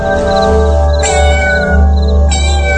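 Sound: cat meowing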